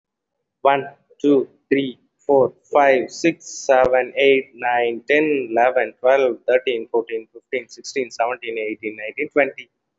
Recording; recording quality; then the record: counting at a fast pace; excellent, no background noise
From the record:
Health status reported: healthy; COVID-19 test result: negative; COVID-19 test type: RT-PCR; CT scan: not taken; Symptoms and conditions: none ticked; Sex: male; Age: 24 years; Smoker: no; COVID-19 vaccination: both doses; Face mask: worn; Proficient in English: yes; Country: India